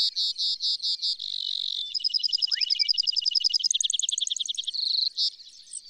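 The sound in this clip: Bird song: several loud pulsed notes, a steady buzzy trill, then a rapid series of clipped notes and a short final trill before quieter chirping.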